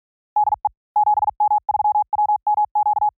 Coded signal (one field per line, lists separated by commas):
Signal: Morse code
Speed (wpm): 47 wpm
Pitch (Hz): 840 Hz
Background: none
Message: DE 7M3WMQ